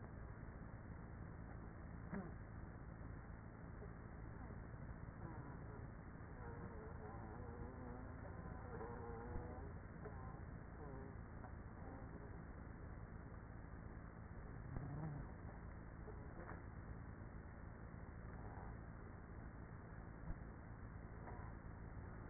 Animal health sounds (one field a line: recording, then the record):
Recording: honeybee colony, microphone inside the hive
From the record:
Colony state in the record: queenless with a low population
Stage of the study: after two queens were removed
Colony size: about 30,000 bees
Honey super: no